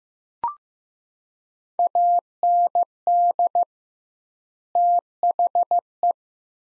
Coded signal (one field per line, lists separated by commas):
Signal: Morse code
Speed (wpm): 15 wpm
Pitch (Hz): 700 Hz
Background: none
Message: AND THE